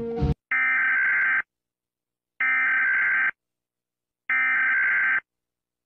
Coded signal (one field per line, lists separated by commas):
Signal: Emergency Alert System (SAME) tones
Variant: header bursts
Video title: eas scenario catemojibabyheat part 4